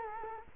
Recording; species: mosquito wingbeat signal from an infrared sensor; Culex quinquefasciatus